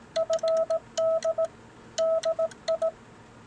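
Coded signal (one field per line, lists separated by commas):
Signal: Morse code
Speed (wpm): 18 wpm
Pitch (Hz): 650 Hz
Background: none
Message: FD DI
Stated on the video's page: Morse sent on a Brown Bros/Signal Electric combo key.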